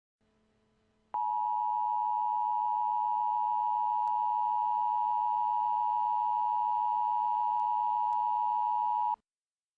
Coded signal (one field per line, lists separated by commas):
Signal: Emergency Alert System (SAME) tones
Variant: 853 and 960 Hz attention tone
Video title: Relive the Blizzard of January 2016 with the EAS